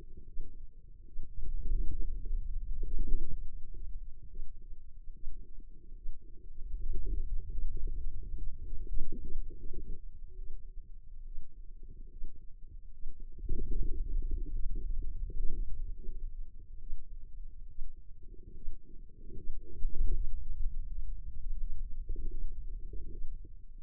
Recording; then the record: forearm muscle sounds (acoustic myography)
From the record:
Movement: hand opening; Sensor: system 2, bracelet of six BSWA MPA416 microphones around the upper forearm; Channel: 2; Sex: female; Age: 25 years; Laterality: right